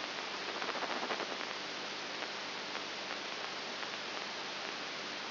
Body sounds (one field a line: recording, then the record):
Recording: brain microelectrode recording played as sound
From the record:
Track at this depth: outside the subthalamic nucleus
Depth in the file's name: 13 mm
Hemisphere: right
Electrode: 3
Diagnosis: Parkinson's disease